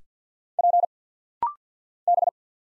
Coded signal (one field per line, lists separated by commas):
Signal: Morse code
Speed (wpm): 50 wpm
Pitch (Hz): 700 Hz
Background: none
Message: P B